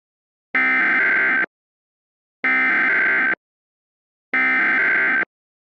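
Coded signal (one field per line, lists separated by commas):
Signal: Emergency Alert System (SAME) tones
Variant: header bursts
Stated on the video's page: Fictional troll EAS scenario, not a real alert.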